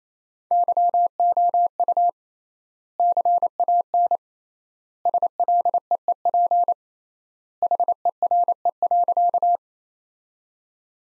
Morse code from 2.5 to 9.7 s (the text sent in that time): CAN SLEEP HERE.